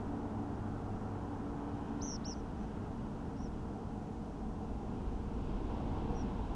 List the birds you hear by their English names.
Tree Pipit